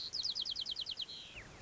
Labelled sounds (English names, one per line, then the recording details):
White-crowned Sparrow
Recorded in Sonoma County, California